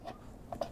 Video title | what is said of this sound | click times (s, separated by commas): FARGO HDP6600 Unboxing - 2. Unboxing and loading | tilt it down until it clicks in now you know it's properly registered now we're going to go ahead and install your cards | 0.6 s